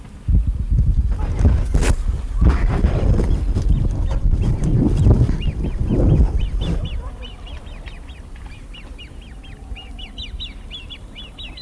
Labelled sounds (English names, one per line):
Great Crested Grebe call